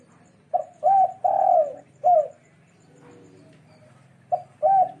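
Dove cooing, a series of soft low hooting notes, a few short and one longer, then a pause before two more coos.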